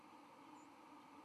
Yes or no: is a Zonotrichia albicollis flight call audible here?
yes